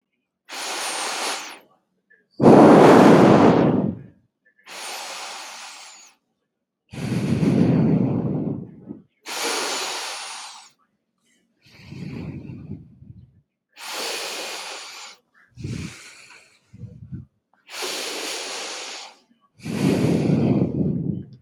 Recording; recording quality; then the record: deep breathing; excellent, no background noise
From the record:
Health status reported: healthy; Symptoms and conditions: none ticked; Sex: female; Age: 27 years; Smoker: not ticked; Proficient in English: yes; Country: Canada